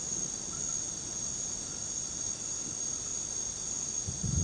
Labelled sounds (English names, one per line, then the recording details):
none
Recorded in pastures near Puerto Asís, Putumayo, Colombia, on 13 March 2025 at 21:30
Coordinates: 0.486, -76.323
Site G075